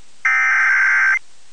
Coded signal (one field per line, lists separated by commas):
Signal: Emergency Alert System (SAME) tones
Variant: header bursts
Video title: EAS Tornado Warning Alabama NOAA Weather Radio